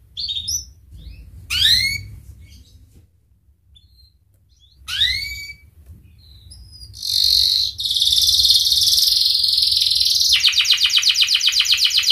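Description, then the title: Canary song made of scattered swooping notes with gaps, then a dense buzzy stretch that turns into a rapid steady trill. Indonesian kicaumania songbird hobby; canary described as gacor (singing energetically) with its best cengkok (song ornamentation) and richest isian (fill-in phrases). "Kenari Gacor Cengkok Terbaik Isian Paling Mewah Kenarigacor Kicaumania Kenari"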